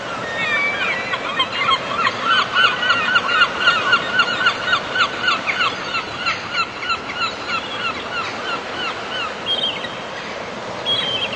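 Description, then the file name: Gulls calling in a dense chorus, many short nasal yelping notes overlapping rapidly, with some longer drawn-out cries. "Gaivotas"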